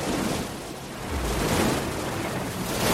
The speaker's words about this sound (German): Bei der Umrundung Kap Horns kämpft sich die Beagle durch haushohe Wellen.